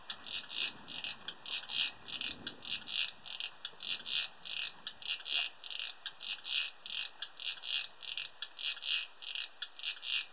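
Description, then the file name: Cricket singing a long run of short, high-pitched, buzzy chirps at a brisk, fairly regular rhythm. Recorded 31 August 2007; audio filtered. "Gropper Cricket"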